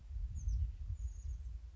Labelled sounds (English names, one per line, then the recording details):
Chestnut-backed Chickadee
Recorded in Sonoma County, California